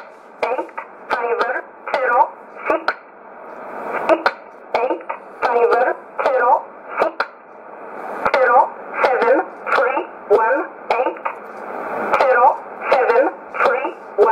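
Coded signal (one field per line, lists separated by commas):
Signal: numbers station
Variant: E11 Oblique, English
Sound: a voice reading short evenly spaced words, about 14 in 14 seconds, over a radio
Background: radio static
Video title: 30 09 2018 E11 Oblique Numbers station in English to Eu 0808 on 9200 unknown tx site in USB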